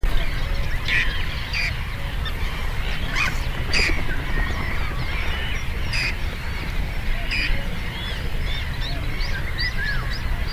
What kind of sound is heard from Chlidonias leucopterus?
call